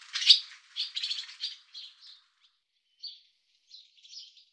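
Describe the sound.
Barn swallow twittering calls: a loud burst of bright chirps, then shorter twitters that fade with brief gaps, all high-pitched.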